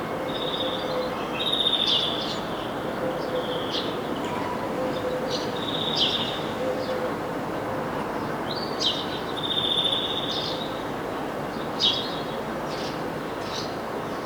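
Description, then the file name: European greenfinch calls: several drawn-out notes and short chirps, heard over a steady, loud rushing noise. "Chloris chloris"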